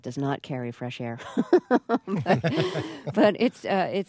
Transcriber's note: soundbite of laughter